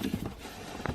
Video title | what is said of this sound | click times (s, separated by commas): Changing the pollen cabin air filter on Honda Accord 2018+ | Once you align it, it clicks. | 0.9 s